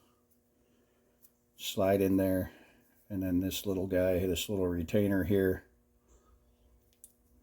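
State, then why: Seated. Someone talks while reassembling a carburetor's choke lever assembly, sliding the choke disc back into the choke shaft. At 7.0 s a short, sharp click is heard as the small metal retainer clip seats on the choke shaft to hold the disc in place.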